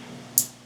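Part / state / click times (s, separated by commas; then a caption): handlebar race switch wiring connector into motorcycle harness connector / seated / 0.4 s. The plastic wiring connector of a JetPrime right-hand handlebar race switch on an Aprilia RS660 is pushed into the bike's plastic harness connector. Over a low steady hum, a single sharp, bright snap sounds at 0.4 s. The connector seats and locks home.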